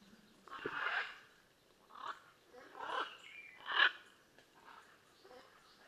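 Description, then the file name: Blue-and-yellow macaw calls: four harsh, raspy squawks spaced about a second apart, broad and noisy, with quieter chatter between them. "Blue and yellow Macaw Ara ararauna"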